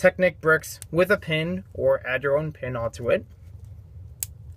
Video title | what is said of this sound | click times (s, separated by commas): MOC Mondays - Exploding Mountain Wall #mocmonday | you know click in place on the top we'll put a modified plate | 4.2 s